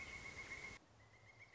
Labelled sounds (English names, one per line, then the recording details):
Pileated Woodpecker
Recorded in Sonoma County, California